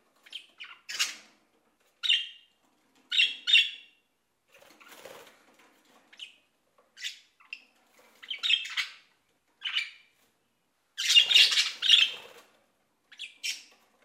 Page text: Звуки Волнистых попугаев. ЗВУКОДАР